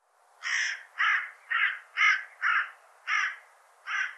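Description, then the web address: Bird giving seven harsh, hoarse cawing calls in a row at slightly uneven intervals. "cianscape birddata Deverinetal 2025 File cleaned normalized Bird"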